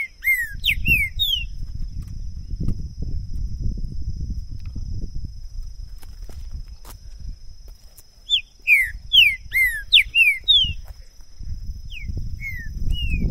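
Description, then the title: Green-winged saltator song of rich, downslurred whistles in quick bursts, repeated twice, with low rumbling wind or handling noise and a thin steady hum. Two birds taken into the woods in 2022, calling, singing and showing male display in a contest; recording used to warm up a bird and open its song for singing competition. "ESQUENTAR Seu TRINCA Piando, Cantando E Macheando Na DISPUTA. LEVEI 2 TRINCA FERRO NO MATO!! ABRIR O CANTO DO TRINCA FERRO!! 2022!"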